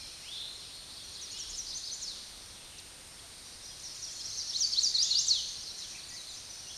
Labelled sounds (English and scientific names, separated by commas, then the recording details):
Chestnut-sided Warbler (Setophaga pensylvanica) song
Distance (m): 20 m
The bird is about 5 m above the microphone
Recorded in a Pennsylvania forest on 16 May 2024 at 06:14
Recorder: AudioMoth, point MSD-2494
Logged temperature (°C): 15.6 °C
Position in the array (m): 170 m, 177 m